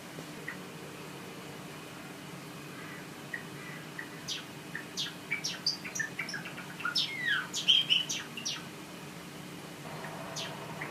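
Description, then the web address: Java sparrow song: quiet at first, then from about four seconds a run of dry clicks, sharp chirps and bell-like notes that grow louder and busier before fading out. "pesnya risovoi amadiny. padda oryzivora"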